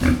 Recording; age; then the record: pig call; growing-finishing pig (85 days or more)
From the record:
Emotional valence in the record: positive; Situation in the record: enriched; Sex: female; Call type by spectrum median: low-frequency call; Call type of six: low-frequency stable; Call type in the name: low-frequency stable, not sure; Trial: 2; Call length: 0.21 s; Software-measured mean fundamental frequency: 41 Hz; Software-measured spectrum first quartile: 168 Hz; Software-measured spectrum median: 310 Hz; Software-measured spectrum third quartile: 1425 Hz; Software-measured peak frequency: 258 Hz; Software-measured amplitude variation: 160 dB a second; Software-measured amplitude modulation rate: 21.7 a second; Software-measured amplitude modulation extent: 7.4 dB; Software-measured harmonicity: 2.4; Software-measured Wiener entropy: -2.39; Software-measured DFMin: 844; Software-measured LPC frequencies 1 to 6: 1489, 2254, 3424, 4405, 5460, 6314 Hz